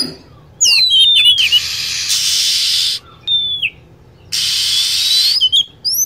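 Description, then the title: Lovebird-type calls: a few falling whistled notes and brief chirps, broken up by long stretches of loud hiss. Lure sound (pikat) used to attract lovebirds. "PIKAT BURUNG LOVEBIRD"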